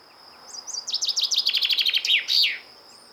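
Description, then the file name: Common chaffinch song: a rapid series of high chirps forming a trill and ending in a sharp flourish, with a thin high tone at the start. "Fringilla coelebs"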